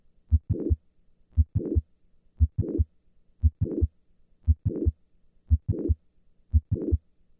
Classic click murmur of mitral valve prolapse.